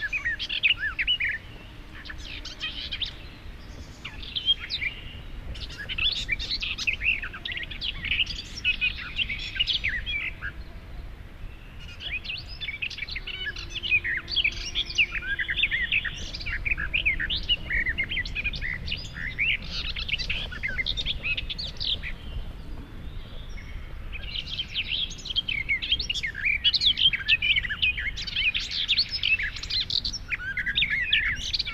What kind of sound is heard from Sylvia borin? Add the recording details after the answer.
song. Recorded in the wild. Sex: male. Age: adult. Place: Hobrechtsfelder Rieselfelder, Naturpark Barnim, Berlin, DE. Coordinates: 52.6653, 13.4686. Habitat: decidous forest. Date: 2013-05-19. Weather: sunny, weak wind, 15°C. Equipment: Sound Devices 702, Sennheiser MKH 70, Rycote Windschutz. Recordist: Frommolt, Karl-Heinz. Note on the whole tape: Gesang einer Gartengrasmücke